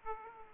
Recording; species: mosquito wingbeat signal from an infrared sensor; Aedes aegypti